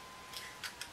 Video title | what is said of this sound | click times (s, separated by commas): How to take a cheap car inverter apart | put it on like that push and you'll click into place and there you go | 0.8 s